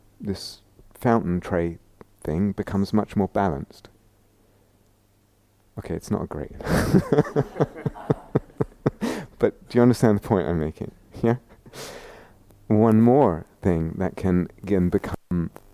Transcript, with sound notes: this fountain tray thing becomes much more balanced. Okay, it's not a great [laughter] Do you understand the point I'm making? Yeah? One more thing that can, again, become